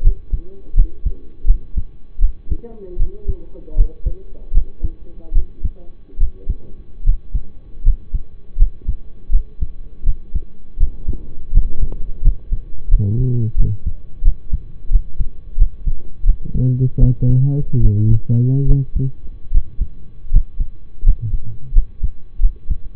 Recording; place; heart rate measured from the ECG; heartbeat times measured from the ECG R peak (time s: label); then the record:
heart sounds by stethoscope; between the tricuspid and mitral areas; 80 bpm
0.01 s: heartbeat
0.74 s: heartbeat
1.45 s: heartbeat
2.19 s: heartbeat
2.97 s: heartbeat
3.75 s: heartbeat
4.52 s: heartbeat
5.33 s: heartbeat
6.18 s: heartbeat
7.04 s: heartbeat
7.82 s: heartbeat
8.57 s: heartbeat
9.30 s: heartbeat
10.04 s: heartbeat
10.77 s: heartbeat
11.52 s: heartbeat
12.21 s: heartbeat
12.88 s: heartbeat
13.55 s: heartbeat
14.23 s: heartbeat
14.90 s: heartbeat
15.56 s: heartbeat
16.24 s: heartbeat
16.99 s: heartbeat
17.81 s: heartbeat
18.66 s: heartbeat
19.51 s: heartbeat
20.29 s: heartbeat
21.03 s: heartbeat
21.73 s: heartbeat
22.40 s: heartbeat
From the record:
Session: rest, lying down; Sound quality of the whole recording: partially saturated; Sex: male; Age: 25 years